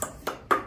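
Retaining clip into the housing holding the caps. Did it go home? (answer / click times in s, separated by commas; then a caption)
yes / 0.5 s. A retaining clip, first positioned with pliers, is pushed down with the fingers into the housing holding the caps, where it keeps the caps from coming out. Several short, sharp metallic clicks are heard, the loudest at 0.5 s when the clip snaps down and seats in place.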